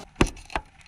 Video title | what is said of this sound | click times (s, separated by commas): Comment changer le feu arrière sur Twingo 2 phase 1 | On commence par remettre la connectique jusqu'à entendre le clic et sentir le clic en fait, tout simplement. | 0.2 s